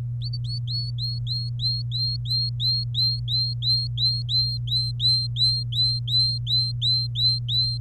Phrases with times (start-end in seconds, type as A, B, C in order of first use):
0.22-7.78 A